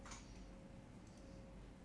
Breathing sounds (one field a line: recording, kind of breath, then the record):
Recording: one breath in and out by a microphone near the nose and mouth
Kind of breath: normal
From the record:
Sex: male